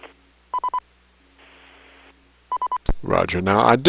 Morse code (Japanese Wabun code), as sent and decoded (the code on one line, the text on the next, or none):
none